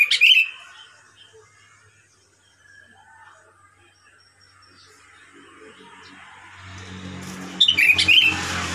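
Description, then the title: Sooty-headed bulbul delivering two short, chortling whistled phrases at the beginning and end, separated by quiet, with traffic noise building toward the close. "Kutilang"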